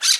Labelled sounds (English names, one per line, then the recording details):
Brown-throated Parakeet contact call
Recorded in Margarita
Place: Rd. to Arenera, R. El Muco
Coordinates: 10.983, -64.362